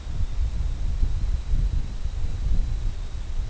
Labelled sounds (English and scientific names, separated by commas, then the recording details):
none
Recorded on Arctic tundra, site CORI-1, on 21 June 2018
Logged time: 00:00